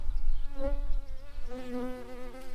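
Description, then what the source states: Shrill carder bee buzz, a low droning hum that wavers in loudness and shifts pitch slightly midway, with rumbling low noise beneath. Workers.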